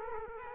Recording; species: mosquito wingbeat signal from an infrared sensor; Culex quinquefasciatus